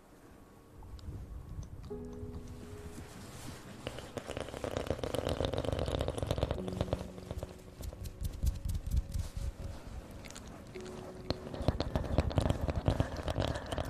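Mouth sounds and ear blowing fill the recording with dense, crackly rustling and wet clicks, starting quiet and thickening after about four seconds. Brief low hums and tones surface around two, seven and eleven seconds, while sharp pops and scratches recur irregularly throughout.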